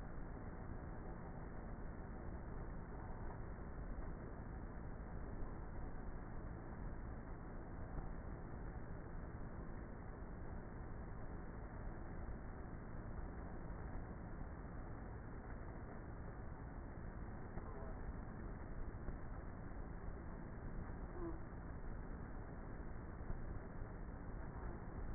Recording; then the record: honeybee colony, microphone inside the hive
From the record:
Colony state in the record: queenless with a low population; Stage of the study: before two queens were removed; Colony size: about 30,000 bees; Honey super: no